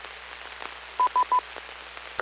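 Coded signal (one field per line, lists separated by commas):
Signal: none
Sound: repeater courtesy beeps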